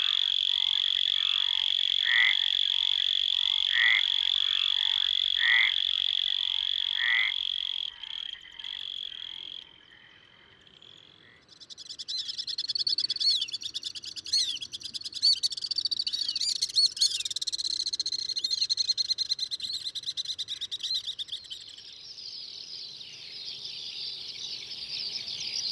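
A dense outdoor chorus from the south of France: steady high insect buzzing with repeated frog-like croaks early, then brighter chirping and calls.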